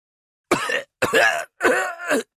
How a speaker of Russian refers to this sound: Слова ведущего группы прервал кашель.